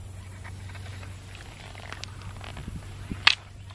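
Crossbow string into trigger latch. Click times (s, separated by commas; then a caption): 3.3 s. A crossbow string is pulled up firmly and evenly with a rope cocking device over a low steady hum and faint rustling. At 3.3 s the string latches into the trigger mechanism with a single sharp click, showing it is cocked.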